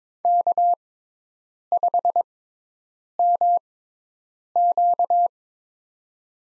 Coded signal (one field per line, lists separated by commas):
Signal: Morse code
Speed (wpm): 21 wpm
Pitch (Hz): 700 Hz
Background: none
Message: K5MQ